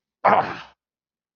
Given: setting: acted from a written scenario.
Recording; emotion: vocal sound without words; pain